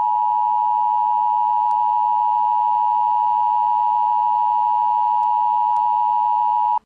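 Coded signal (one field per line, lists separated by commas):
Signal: Emergency Alert System (SAME) tones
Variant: 853 and 960 Hz attention tone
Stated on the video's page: Fictional EAS recreation of the message from the film "The Purge".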